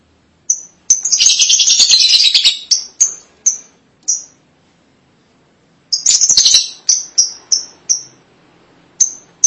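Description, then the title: Lovebird calls: two noisy chattering outbursts, each trailing off into a run of bright, evenly spaced high chirps. "BM Suara Burung Lovebird"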